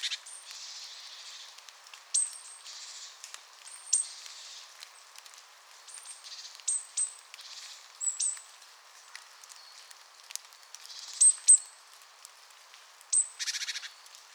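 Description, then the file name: Great tit calls, with thin high sharp notes and brief rasping churrs scattered throughout. "Parus major"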